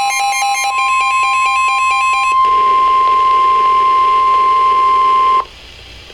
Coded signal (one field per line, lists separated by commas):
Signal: Emergency Alert System (SAME) tones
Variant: 1050 Hz attention tone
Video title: EAS #87 Special Marine Warning 6/30/14